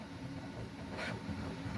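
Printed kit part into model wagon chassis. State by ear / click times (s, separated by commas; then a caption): not seated / none. A 3D-printed part of a 16mm scale Sheffield range model wagon kit is pulled back up in the middle with a finger on its end and lined up over its hole in the chassis while someone talks. Low, steady rumbling handling noise runs throughout, with a short brighter rustle around 1.0 to 1.1 s. Nothing has popped into place or clicked yet.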